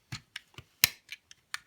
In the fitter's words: this door they do snap into place so you know